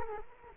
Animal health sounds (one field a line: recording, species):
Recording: mosquito wingbeat signal from an infrared sensor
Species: Culex quinquefasciatus